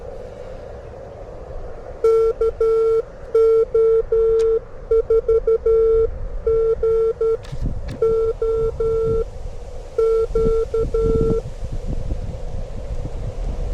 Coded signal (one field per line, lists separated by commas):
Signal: Morse code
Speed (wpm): 12 wpm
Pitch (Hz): 450 Hz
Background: none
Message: KO4GOQ